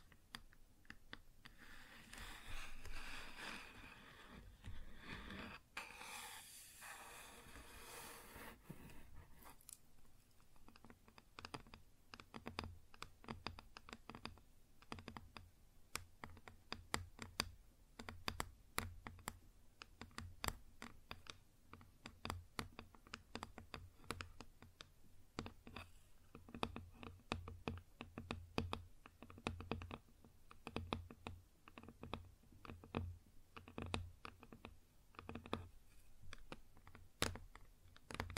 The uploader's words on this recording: ASMR Wood Surface Tapping & Scratching (No Talking).